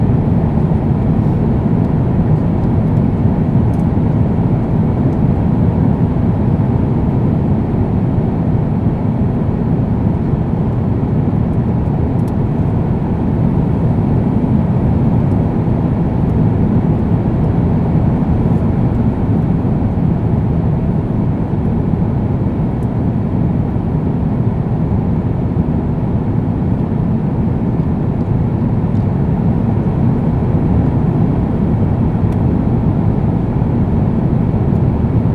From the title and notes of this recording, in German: Himmelsgeräusche: Im Flugzeug fliegen.